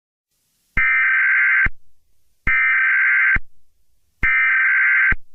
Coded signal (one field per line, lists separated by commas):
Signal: Emergency Alert System (SAME) tones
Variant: header bursts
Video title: EAS Scenario #2: Chinese attack New Orleans